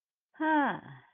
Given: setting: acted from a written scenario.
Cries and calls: vocal sound without words; contentment

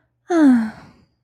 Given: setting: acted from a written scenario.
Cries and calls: vocal sound without words; contentment

